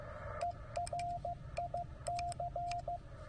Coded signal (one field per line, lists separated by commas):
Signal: Morse code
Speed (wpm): 15 wpm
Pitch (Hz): 700 Hz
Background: radio noise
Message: ERIC